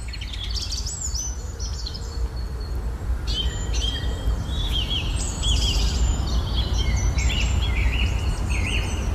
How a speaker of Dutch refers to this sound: Iedere ochtend fietst ze door het vinkenlaantje in de Haagse wijk Loosduinen en geniet er enorm van dat het met de dag lichter en rumoeriger wordt qua vogelzang dan, hè.